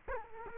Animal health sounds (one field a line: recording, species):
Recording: mosquito wingbeat signal from an infrared sensor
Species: Culex quinquefasciatus